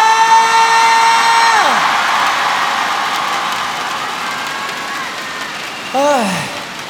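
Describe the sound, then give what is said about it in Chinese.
At a 2009 concert, a shrill, sustained scream slides downward over a dense roar of the whole audience standing, screaming and cheering for the singer on stage, which fades slightly before another short falling shriek cuts through near the end. “你知唔知一个歌手喺台上面都全场企晒起身尖叫，系好唔舍得走噶？”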